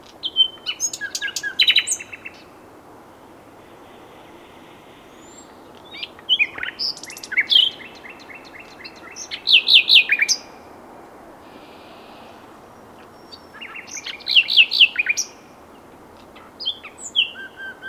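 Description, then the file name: Common nightingale song in short bursts of loud, varied phrases: sharp chirps, rapid trills and repeated notes, separated by pauses of a few seconds over a steady hiss. "Luscinia megarhynchos"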